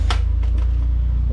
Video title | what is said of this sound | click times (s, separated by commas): Kobalt's 3000 lumens 7ft tower light | like it locks into place which is kind of nice | 0.1 s